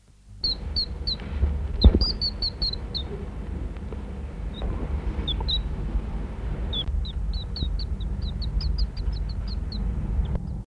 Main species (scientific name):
Apus apus